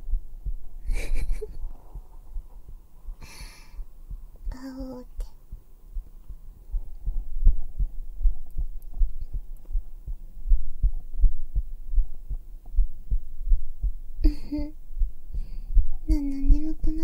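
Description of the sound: Heartbeat heard through bare skin on the chest, about 82 beats per minute, picked up with a binaural microphone (3Dio), with faint speech sounds at times.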